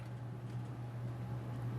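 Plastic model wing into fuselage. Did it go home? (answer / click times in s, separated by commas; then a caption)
no / none. The plastic wing of a 1/32 Hasegawa Hellcat scale model kit is being lined up with the fuselage before being pushed home, and it is hard to get to match up. Only a steady low hum is heard, with no sharp sounds. The wing has not seated or clicked yet.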